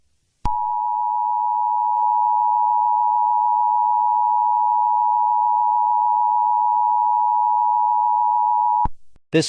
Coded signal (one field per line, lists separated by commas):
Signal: Emergency Alert System (SAME) tones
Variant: 853 and 960 Hz attention tone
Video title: hehe nuke eas go brr